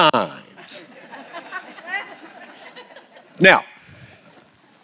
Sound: laugh